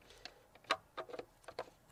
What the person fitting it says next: When you hear the click, you know it's done.